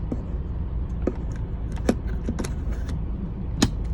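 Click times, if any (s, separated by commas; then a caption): 3.6 s. A Surfsight dash camera, with its tamper cover and lens cover reinstalled, is pushed back onto its plastic mount clip on the dashboard over a steady low background hum. Several lighter plastic taps and knocks come before the loudest, sharpest click at 3.6 s, when the camera seats in a snug fit on the clip.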